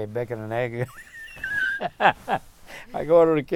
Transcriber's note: laughs